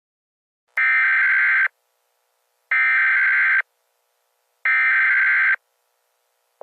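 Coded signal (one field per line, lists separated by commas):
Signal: Emergency Alert System (SAME) tones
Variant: header bursts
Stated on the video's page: Fictional tornado scenario, simulated alert.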